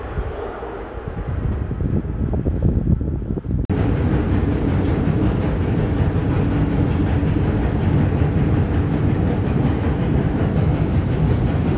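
A metro ride rumbles low and steady, then at about four seconds the sound abruptly opens into a louder, brighter, constant roar through the end.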